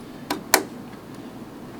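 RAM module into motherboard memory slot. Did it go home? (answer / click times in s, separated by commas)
yes / 0.3 s, 0.5 s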